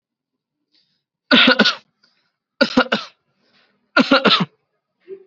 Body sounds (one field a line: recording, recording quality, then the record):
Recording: heavy voluntary cough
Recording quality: excellent, no background noise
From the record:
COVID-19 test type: RT-PCR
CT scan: not taken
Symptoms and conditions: none ticked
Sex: male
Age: 29 years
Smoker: no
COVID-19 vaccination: both doses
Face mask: worn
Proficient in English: yes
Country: India